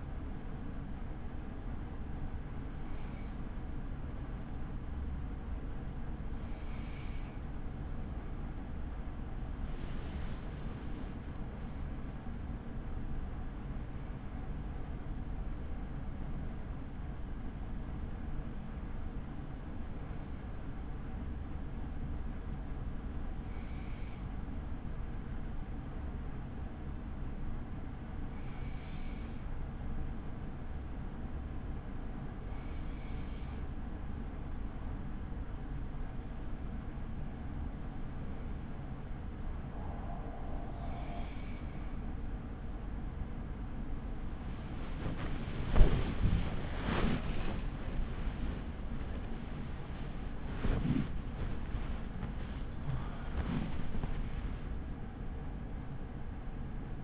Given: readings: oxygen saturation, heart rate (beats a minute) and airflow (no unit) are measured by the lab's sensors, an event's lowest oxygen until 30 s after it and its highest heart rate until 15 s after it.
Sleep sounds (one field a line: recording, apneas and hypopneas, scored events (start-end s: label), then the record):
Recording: breathing in sleep by a smartphone at the bedside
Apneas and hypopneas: 1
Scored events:
21.00-48.90 s: hypopnea (N2, oxygen 96% highest, then 95% lowest, heart rate 57 at the start, 80 highest)
53.00-57.04 s: new sleep stage, awake
54.00-57.04 s: awake
From the record:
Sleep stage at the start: N2 (light sleep)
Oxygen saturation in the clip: 95 to 96%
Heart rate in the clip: 50 to 72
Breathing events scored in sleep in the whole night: 83 in 6.1 hours asleep